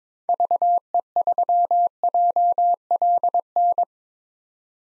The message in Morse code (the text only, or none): VE3JLN